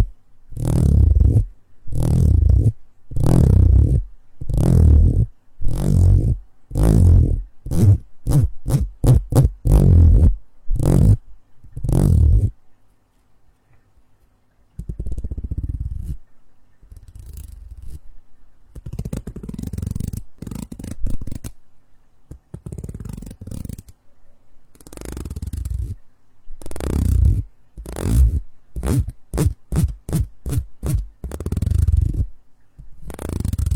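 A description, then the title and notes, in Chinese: Odd material sounds: a fast run of sharp, thumping bursts with a heavy low end and crisp tops fills the first twelve seconds. After a brief quiet, softer, muffled rubbing and scraping follows, then the quick rhythmic bursts return near the end. 奇怪的材料音｜类似小马达震动的声音、小木块、炸耳朵等。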